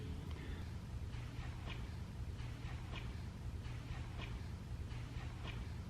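The O-ring on a quick-connect fuel line coupling is lubed, and the female and male halves are picked up and handled before being pushed together. A steady low background hum runs throughout, with a faint tap at 0.3 s and soft, repeated handling rustles. Nothing has clicked or seated yet.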